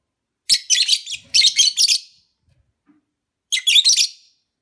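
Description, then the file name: Lovebird uttering grating, shrill bursts in two quick clusters, then a pause and another rapid scratchy run. Lovebird sounds recorded during a mating ritual. "suara ritual kawin lovebird omkicau"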